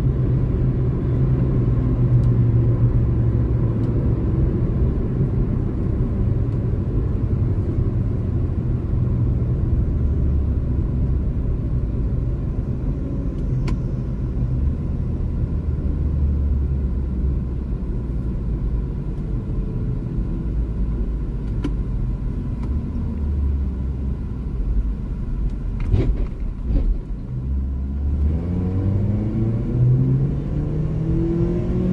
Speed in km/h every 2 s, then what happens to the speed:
97, 93, 84, 72, 64, 54, 47, 41, 37, 30, 24, 16, 12, 19, 40, 55.
0-23 brakes to 12. 25-32 speeds up to 55.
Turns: none.